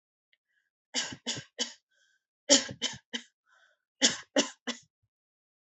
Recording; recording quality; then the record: shallow voluntary cough; excellent, no background noise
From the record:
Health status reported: recovered from COVID-19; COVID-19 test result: positive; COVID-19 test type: RT-PCR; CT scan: not taken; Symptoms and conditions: loss of smell and taste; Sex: female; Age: 22 years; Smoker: no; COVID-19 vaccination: both doses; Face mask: not worn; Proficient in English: yes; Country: India